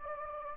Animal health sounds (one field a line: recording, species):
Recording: mosquito wingbeat signal from an infrared sensor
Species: Anopheles gambiae